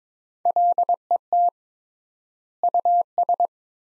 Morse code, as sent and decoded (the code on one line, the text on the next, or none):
.-.. . - / ..- ...
LET US